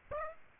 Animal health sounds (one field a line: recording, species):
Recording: mosquito wingbeat signal from an infrared sensor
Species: Aedes aegypti